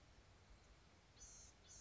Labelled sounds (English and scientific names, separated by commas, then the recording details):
Blue-gray Gnatcatcher (Polioptila caerulea)
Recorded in Sonoma County, California